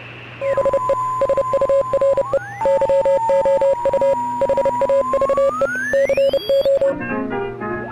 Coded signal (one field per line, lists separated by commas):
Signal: Morse code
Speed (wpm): 29 wpm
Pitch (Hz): 550 Hz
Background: music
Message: BE SURE YOU HAVE CO